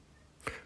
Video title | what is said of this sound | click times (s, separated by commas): Installing Austin A30-A35 Quarter light window seals | To get the hinge into place, I use a screwdriver to gain a little leverage and then it snapped into place. | 0.4 s, 0.5 s